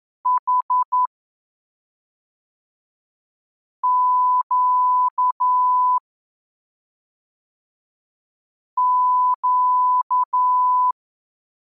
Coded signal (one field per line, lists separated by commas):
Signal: Morse code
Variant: Russian alphabet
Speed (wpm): 11 wpm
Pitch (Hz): 1000 Hz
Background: none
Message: Х Щ Щ